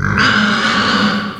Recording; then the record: squeal of a Yucatan mini pig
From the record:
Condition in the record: after surgery on the right vocal fold (resection and tissue-engineered implant); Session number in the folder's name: 15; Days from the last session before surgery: 175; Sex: female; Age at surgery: 19 weeks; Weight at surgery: 25 kg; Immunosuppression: prednisolone